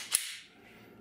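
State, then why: Released. The slide stop on the frame of a Glock 43 pistol is pressed to release the locked-back slide, checking that the slide stop works. The slide snaps forward into battery with one sharp metallic clack at 0.1 s, followed by a fading ring and near quiet. The slide is released and home.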